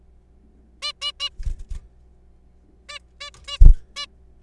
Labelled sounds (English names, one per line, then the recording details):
Zebra Finch
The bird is a juvenile
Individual R3428